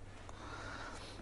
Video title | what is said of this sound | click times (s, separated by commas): Hozelock - Assembling a Hozelock Enclosed Reel | The first part pushes onto the handle and just clicks into place like so. | 0.3 s